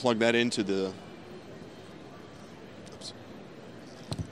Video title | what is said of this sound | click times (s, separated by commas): CTW InfoComm 2014 Coverage: Audinate Dante Via | You can hear that clicking in. | 4.1 s